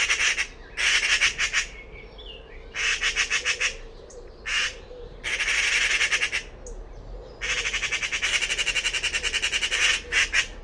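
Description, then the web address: Bird repeats grating, pulsed calls in bursts of varying length, separated by brief quiet spells. "cianscape birddata Deverinetal 2025"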